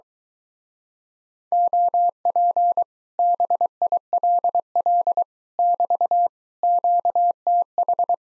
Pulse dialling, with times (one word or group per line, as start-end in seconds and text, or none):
none